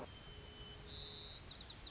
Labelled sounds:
White-crowned Sparrow
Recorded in Sonoma County, California

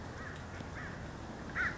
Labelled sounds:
American Crow
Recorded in Sonoma County, California

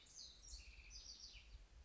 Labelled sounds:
House Wren
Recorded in Sonoma County, California

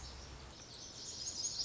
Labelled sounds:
Lazuli Bunting
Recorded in Sonoma County, California

